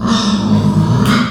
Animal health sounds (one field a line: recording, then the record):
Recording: squeal of a Yucatan mini pig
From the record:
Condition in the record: after surgery on the right vocal fold (resection and tissue-engineered implant)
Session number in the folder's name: 12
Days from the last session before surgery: 105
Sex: female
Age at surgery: 19 weeks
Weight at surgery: 25 kg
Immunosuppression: prednisolone